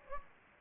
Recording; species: mosquito wingbeat signal from an infrared sensor; Anopheles gambiae